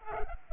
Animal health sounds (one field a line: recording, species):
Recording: mosquito wingbeat signal from an infrared sensor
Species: Culex pipiens